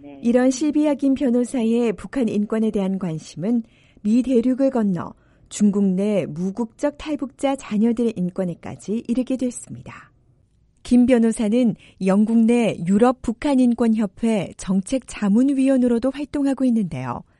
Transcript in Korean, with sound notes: 이런 실비아 김 변호사의 북한인권에 대한 관심은 미 대륙을 건너 중국 내 무국적 탈북자 자녀들의 인권에까지 이르게 됐습니다. [녹취: 코리아 소사이어티에서 발표하는 목소리] 김 변호사는 영국 내 유럽북한인권협회 정책자문위원으로도 활동하고 있는데요,